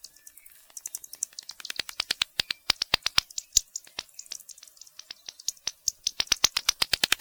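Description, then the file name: Bat echolocation clicks: a long train of sharp, dry ticks, irregularly spaced, bunching into quicker bursts at times. "Yannick Dauby - Bats echolocation"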